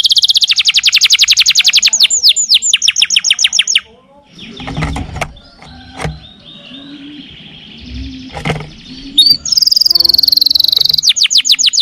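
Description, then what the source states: Lovebird shrill chirps in fast trills at the start and end, with a quieter stretch of low noises in between. Lure call used to attract lovebirds.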